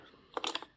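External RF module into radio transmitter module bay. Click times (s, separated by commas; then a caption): 0.4 s. A Radiomaster Bandit 900 MHz ELRS external RF module, with its pins aligned, is pushed into the JR-style module bay on the back of a TX16S radio transmitter. The plastic module latches with a sharp click at 0.4 s, followed by a few quieter clicks at 0.5, 0.6 and 0.6 s. The module is seated.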